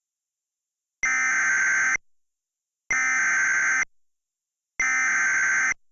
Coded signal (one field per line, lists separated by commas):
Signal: Emergency Alert System (SAME) tones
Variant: header bursts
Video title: LIX SVR - EAS Mock